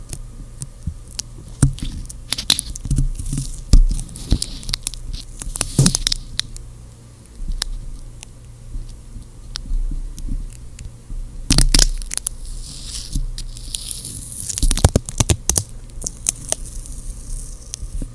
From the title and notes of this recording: ASMR | stickers + tape + gloves (no talking).